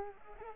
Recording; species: mosquito wingbeat signal from an infrared sensor; Culex pipiens